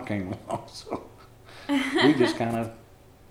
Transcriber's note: laughing